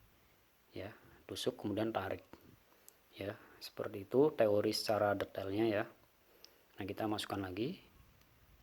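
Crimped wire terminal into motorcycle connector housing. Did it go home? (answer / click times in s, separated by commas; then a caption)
yes / 6.4 s. A metal crimped wire terminal is pushed back into a plastic motorcycle wiring connector housing while someone talks. A sharp click at 6.4 s marks its locking tang catching, and the terminal is seated tight again.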